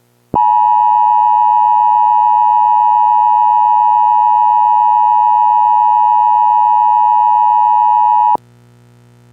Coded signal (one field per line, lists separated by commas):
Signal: Emergency Alert System (SAME) tones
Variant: 853 and 960 Hz attention tone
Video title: EAS Scenario #12 - School's Out / Tri-State Weather Disaster